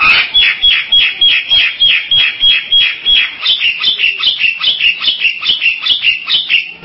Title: Jalak Bali